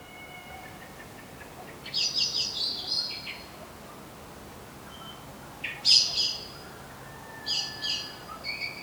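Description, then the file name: Common blackbird calls: sharp, high chinking notes in short rapid runs, heard in three separate bursts, with faint thin whistles in the background. "Turdus merula"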